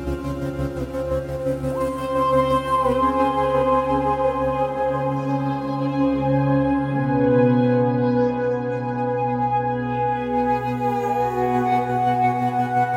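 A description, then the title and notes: Layered electric guitar feedback tones, re-synthesized into sustained droning pitches that hold steady for long stretches. Individual tones glide up or down to new notes around 2, 3, 7 and 11 seconds, over a constant low hum, with a faint airy hiss on top. Demo for a single patch from the sound library Elevation for Icarus available on patchpool.net, re-synthesized/wave-tabled electric guitar feedback tones, layered in three oscillators.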